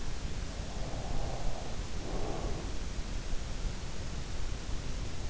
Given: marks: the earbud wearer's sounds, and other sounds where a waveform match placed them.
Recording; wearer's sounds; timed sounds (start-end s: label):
sounds in sleep by an in-ear microphone; breath
0.68-3.42 s: breath